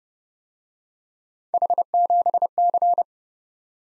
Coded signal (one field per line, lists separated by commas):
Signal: Morse code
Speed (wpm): 30 wpm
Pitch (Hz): 700 Hz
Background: none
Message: H7C